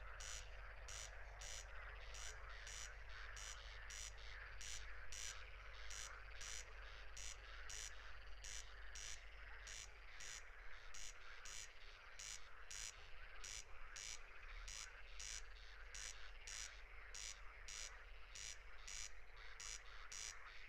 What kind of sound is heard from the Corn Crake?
song